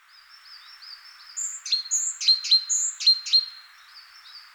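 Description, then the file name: Great tit calling with high short whistles and sharp down-slurred notes trailing into thin level tones, several notes per second. "Parus major"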